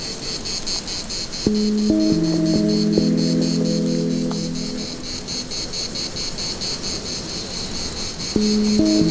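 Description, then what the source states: Cicadas singing: a steady, high, pulsing buzz running throughout, with low sustained tones entering and fading partway through, then returning near the end. Cicadas in the branches of broadleaf trees at 1600 m altitude in the Pyrenees.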